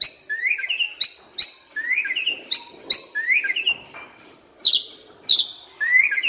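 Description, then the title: Asian pied starling song built from a repeated phrase: a piercing high whistle followed by a lower warbled slur. Training song (masteran) meant to fix birds that sing too little and are sluggish. "Masteran Jalak Suren Atasi Burung KURANG GACOR Dan LOYO"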